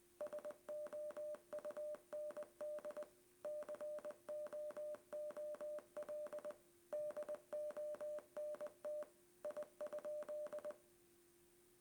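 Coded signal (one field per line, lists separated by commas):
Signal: Morse code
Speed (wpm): 20 wpm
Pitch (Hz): 600 Hz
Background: none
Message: SOUND COOL DONT I?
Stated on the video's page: Morse code generated by an Android mobile app that translates text to Morse, with examples like a short greeting and longer sentences.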